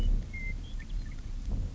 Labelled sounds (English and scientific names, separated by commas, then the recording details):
Western Meadowlark (Sturnella neglecta)
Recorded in Sonoma County, California